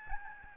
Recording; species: mosquito wingbeat signal from an infrared sensor; Aedes albopictus